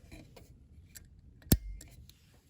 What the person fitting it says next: so that's mine snapping into place